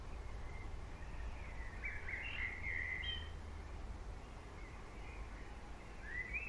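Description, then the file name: Common blackbird sings a rich warbled phrase in the middle, with faint fluty notes before and after, over persistent low rumble. "Turdus merula"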